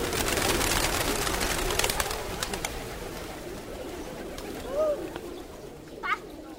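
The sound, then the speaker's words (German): A steady hum of hundreds or thousands of pigeons cooing at a shady square beside a central temple sanctuary, over a broad rushing wash of background noise, with a couple of brief higher calls standing out near the end. “Hunderte, Tausende von Tauben.”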